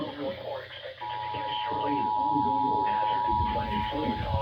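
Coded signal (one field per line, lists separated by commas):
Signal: Emergency Alert System (SAME) tones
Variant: 853 and 960 Hz attention tone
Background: speech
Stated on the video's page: Flash flood warning received on FM radio and TV.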